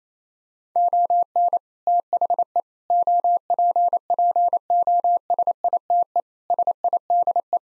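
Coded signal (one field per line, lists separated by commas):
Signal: Morse code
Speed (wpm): 27 wpm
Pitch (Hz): 700 Hz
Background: none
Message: ON THE OPPOSITE SIDE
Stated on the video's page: Morse code head-copy practice of six-word sets at 28 wpm, each set sent, spoken, then sent again.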